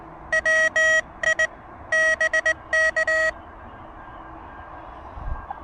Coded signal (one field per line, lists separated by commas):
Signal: Morse code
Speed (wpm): 19 wpm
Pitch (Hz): 1900 Hz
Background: none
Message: WI BK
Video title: Pedestrian Mobile POTA Hunting: Testing the new TinyPaddle KH1 Adapter and Working with Urban QRM!